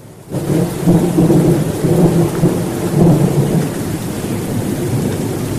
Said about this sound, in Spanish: Ahí hay lluvia hoy. Se pronunció el aguacero. Ay, no hay cosa. Es muy bonita la lluvia.